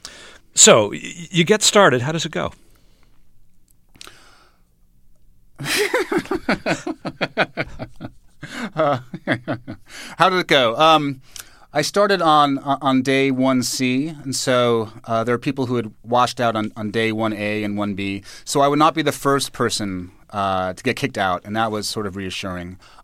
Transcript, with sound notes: So you get started, how does it go?
(Laughter). How did it go? I started on Day 1C. And so there are people who had washed out on Day 1A and 1B. So I would not be the first person to get kicked out and that was sort of reassuring.